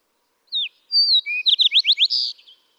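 Fox Sparrow song, about two seconds long: slurred whistled opening notes, then a quick run of up-slurred notes ending in a buzzy note.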